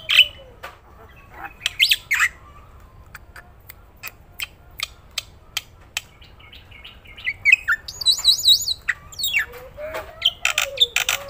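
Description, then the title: Black-winged myna song of scattered sharp clicks and harsh notes, with a quick wavering whistled phrase in the second half and rasping notes near the end. Energetic song with fast fill phrases, used as a lure and tutor recording for lazy, quiet cage birds. "Burung Jalak Putih Gacor Full Isian Cepat Untuk PANCINGAN Dan MASTERAN. Pancingan Untuk Burung Malas bunyi"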